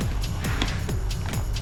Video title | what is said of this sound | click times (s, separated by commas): Aldus and Yan go over the features of the Xpress Execute XQ2S #XP-90032 | and a really good click sound. Listen to that. | 0.6 s